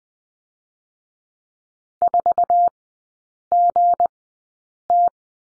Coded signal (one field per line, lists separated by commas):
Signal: Morse code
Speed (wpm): 20 wpm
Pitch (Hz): 700 Hz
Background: none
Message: 4GT